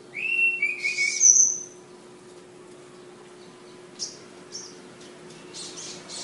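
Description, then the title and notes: Flowerpecker song: high, thin whistled notes, a short falling pair then a sharp piercing whistle, followed by faint scattered chips over a steady low hum. Tledekan, also called sulingan, named Ababil, from Kudus. "Tledekan/Sulingan ABABIL. Suara Burung Tledekan Ababil dari Kudus"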